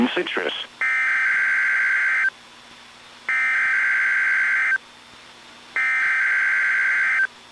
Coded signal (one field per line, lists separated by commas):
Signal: Emergency Alert System (SAME) tones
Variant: header bursts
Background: speech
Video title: NOAA Weather Radio - Weekly EAS Test - 12/19/18